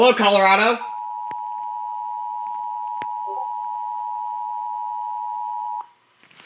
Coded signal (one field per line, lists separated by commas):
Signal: Emergency Alert System (SAME) tones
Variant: 853 and 960 Hz attention tone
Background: speech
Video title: EAS 639 911 TELEPHONE OUTAGE EMERGENCY